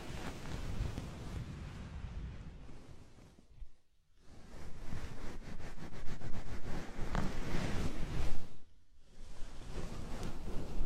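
A dense, hissing wash of bubble bath foam and slippery oil-massage rubbing fills the clip, with a steady low rumble underneath. Two brief near-silent breaks fall around four seconds and nine seconds. Between them, quick rhythmic strokes come through clearly.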